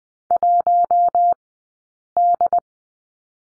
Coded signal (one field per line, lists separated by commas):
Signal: Morse code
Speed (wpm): 20 wpm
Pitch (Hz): 700 Hz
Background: none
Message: 1D